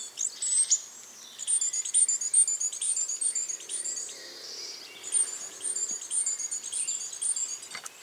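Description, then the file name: Great tit calls, a busy run of thin high chirps and twitters in uneven bursts, pausing briefly near the middle before resuming. "Parus major"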